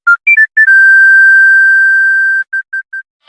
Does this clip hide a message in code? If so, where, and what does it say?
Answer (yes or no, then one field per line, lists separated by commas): no